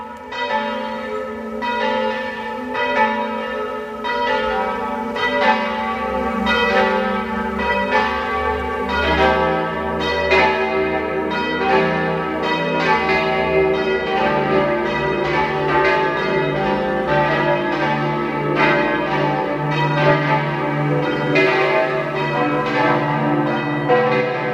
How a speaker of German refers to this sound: Es ist 12 Uhr. Sie hören die Glocken der Pfarrkirche Maria Himmelfahrt aus Malz in Südtirol.